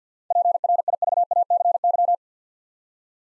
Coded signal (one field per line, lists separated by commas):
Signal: Morse code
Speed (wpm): 52 wpm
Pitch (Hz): 700 Hz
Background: none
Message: PRIVACY